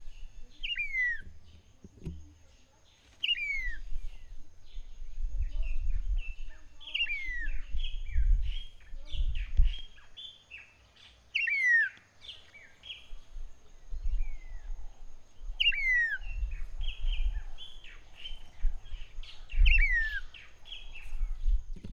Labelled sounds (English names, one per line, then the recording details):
Red-winged Starling
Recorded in northern Uganda